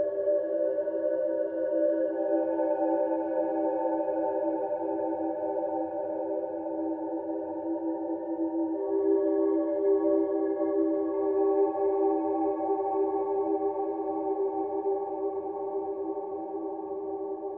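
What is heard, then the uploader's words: Soothing ambient music of long, sustained tones that hold steady and overlap like a bowl or pad, with a slight shift in the chord around nine seconds. Underneath runs a soft, low rumbling hiss, a gentle wind sound that stays even throughout. Calming Ambient Music with Soothing Wind Sounds for Mindfulness and Relaxation. Soothing ambient music accompanied by gentle wind sounds.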